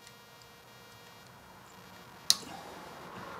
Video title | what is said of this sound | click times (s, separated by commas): Mustang Mods - 6 Cheap & Easy ways to individualize your Mustang GT - [Ep.1] | yeah click here so now that's nice and secure | 2.3 s